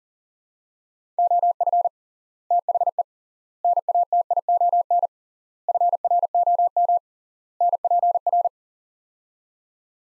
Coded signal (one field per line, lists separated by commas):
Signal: Morse code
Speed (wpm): 40 wpm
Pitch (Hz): 700 Hz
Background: none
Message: OF THE NATION FROM NPR